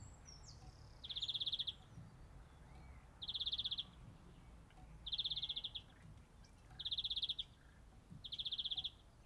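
Greenfinch giving short, rapid pulsed trills, each under a second long, repeated about every two seconds against a quiet background.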